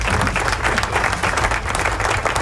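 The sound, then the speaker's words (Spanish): Steady applause marking the return to the studio on the radio program La Nueva Lechonera Rock, dense and continuous clapping at a fairly loud, even level throughout, with no voices standing out. “Bueno, y aquí volvimos al estudio, así que aplauso.”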